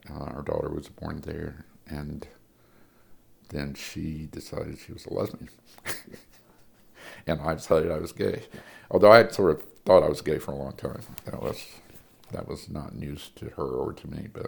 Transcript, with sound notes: Our daughter was born there, and then she decided she was a lesbian, [laughter] and I decided I was gay. Although I had sort of thought I was gay for a long time. That was not news to her or to me.